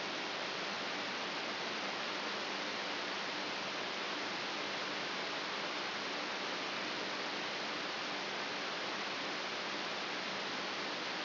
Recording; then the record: brain microelectrode recording played as sound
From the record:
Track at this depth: outside the subthalamic nucleus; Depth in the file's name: 5.22 mm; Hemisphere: left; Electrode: 3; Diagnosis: Parkinson's disease